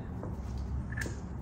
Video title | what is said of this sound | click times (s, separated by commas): TSI How-To Guide: Boldan HydroMax Water Pressure Milling Machine | you hear it snap in you'll be able to physically see the the nub that was pressed down | 1.0 s